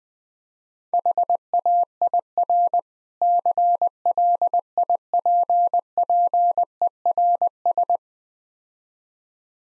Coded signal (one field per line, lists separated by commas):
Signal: Morse code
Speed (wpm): 21 wpm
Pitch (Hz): 700 Hz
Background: none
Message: HAIR CLIPPERS